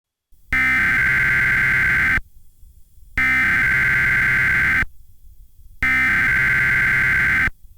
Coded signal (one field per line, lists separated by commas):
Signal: Emergency Alert System (SAME) tones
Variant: header bursts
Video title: EAS Mock - Blizzard Warning for Charlotte, NC